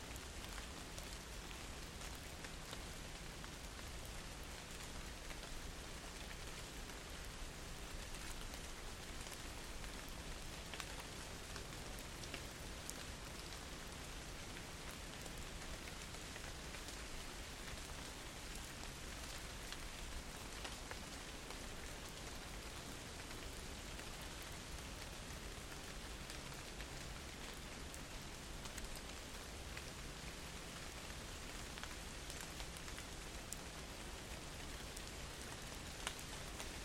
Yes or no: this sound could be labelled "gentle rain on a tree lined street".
yes